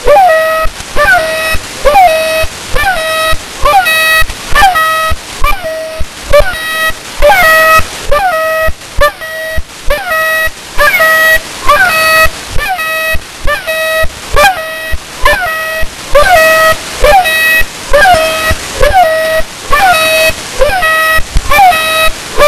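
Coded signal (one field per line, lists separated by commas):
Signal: channel marker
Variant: The Goose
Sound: rapidly repeating nasal honking tones with rich harmonics, each starting with a swooping chirp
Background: radio static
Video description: The Goose is a new Russian channel marker, sort of a combination of The Pip and The Airhorn.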